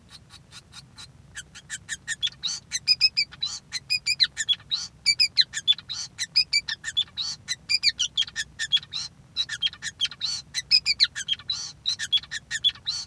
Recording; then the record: song of a male Bengalese finch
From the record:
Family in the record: son of father 5